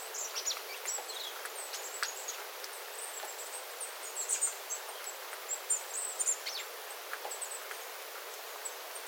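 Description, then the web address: Small birds in a flock give high, thin, chirping notes in loose clusters, with dripping water ticking throughout and a quiet hiss. Small flock of small birds calling on 9 September 2025 after rain, with water dripping from the eaves. "paivat 9 9 2025 pikkulintuparven aantelya vesi tippuu raystaalta sateen jalkeen"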